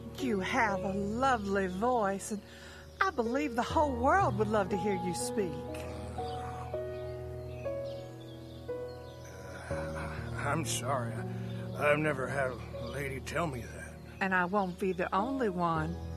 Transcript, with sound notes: You have a lovely voice and I believe the whole world would love to hear you speak. [TREMBLING]
I'm sorry. I've never had a lady tell me that.
And I won't be the only one.